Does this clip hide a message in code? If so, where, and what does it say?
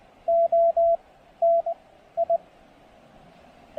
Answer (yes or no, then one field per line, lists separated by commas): yes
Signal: Morse code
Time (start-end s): 0.3-2.4 s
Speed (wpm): 19 wpm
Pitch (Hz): 670 Hz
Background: radio noise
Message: OTI